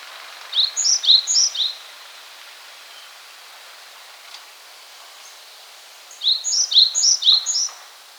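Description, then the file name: Great tit calls: two bursts of thin, high chirping notes in quick succession, separated by several quiet seconds. "Parus major"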